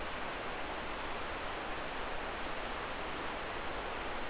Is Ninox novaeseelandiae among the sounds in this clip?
no